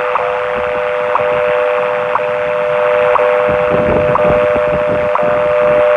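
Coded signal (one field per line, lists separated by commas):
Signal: radio time signal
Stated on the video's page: WWV and WWVH time signals on 10 MHz, received in San Francisco, California.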